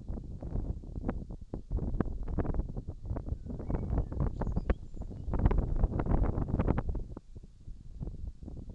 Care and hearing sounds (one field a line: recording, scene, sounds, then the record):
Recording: everyday scene through a hearing-aid microphone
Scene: wind on the microphone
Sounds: wind, whistling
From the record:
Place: in front of a rural house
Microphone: in the ear canal, left